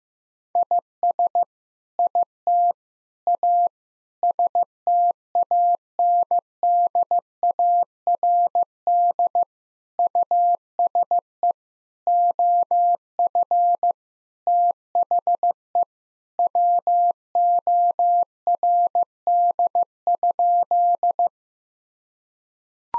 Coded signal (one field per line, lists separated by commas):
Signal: Morse code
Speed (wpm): 15 wpm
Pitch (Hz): 700 Hz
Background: none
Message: IS IT A STANDARD USE OF THE WORD?